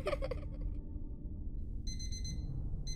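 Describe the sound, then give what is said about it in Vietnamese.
An alarm clock rings in short bursts of bright, high-pitched electronic beeping, starting after a brief rustle and repeating over steady low background noise. “Tiếng chuông báo thức khiến cho tôi giật mình tỉnh dậy.”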